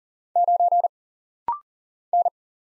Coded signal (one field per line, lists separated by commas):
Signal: Morse code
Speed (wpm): 42 wpm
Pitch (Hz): 700 Hz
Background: none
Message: 9 N